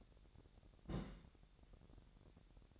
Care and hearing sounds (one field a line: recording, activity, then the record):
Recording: daily activity, microphone in the room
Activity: place on stove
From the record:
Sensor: 3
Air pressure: 1012.0 hPa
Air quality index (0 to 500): 201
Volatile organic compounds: 3 ppm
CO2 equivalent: 1506 ppm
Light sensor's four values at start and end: 111/263/108/95 and 111/263/107/95